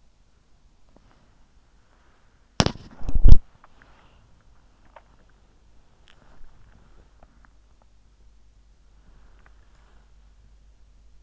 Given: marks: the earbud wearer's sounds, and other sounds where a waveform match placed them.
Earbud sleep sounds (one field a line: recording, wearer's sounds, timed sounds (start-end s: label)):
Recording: sounds in sleep by an in-ear microphone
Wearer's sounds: body movement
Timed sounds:
0.00-11.23 s: body movement